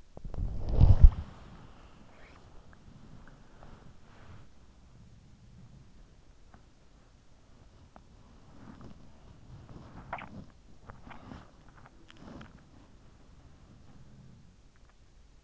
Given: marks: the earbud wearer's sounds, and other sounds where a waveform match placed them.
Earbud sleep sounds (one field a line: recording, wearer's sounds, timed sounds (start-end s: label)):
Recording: sounds in sleep by an in-ear microphone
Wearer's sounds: body movement, swallowing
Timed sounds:
0.00-15.44 s: body movement
4.41-6.52 s: sound from someone else or the room
8.82-10.63 s: sound from someone else or the room
9.71-10.49 s: swallowing
13.04-14.85 s: sound from someone else or the room